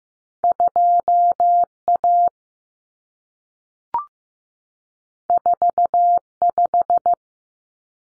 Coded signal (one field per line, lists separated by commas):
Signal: Morse code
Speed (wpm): 15 wpm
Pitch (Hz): 700 Hz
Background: none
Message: 2A 45